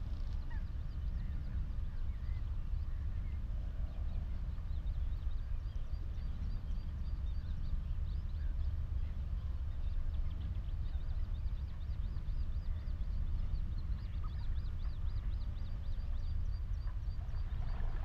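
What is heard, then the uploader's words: Wetland birds call over a heavy, steady low rumble that fills the whole recording. Thin, high chirps and repeated piping notes come in bursts near the start and again through the second half, with an occasional honk-like call among them. The Hoo Peninsula is a vast open landscape on the Thames Estuary. The mics (recording alone) were lodged in a hawthorn tree on Higham Marshes nature reserve and pointed out over a watery marsh. Close to the mics lapwings, redshank and cetti's warblers call, as well as geese and ducks that are familiar sounds to us urban dwellers.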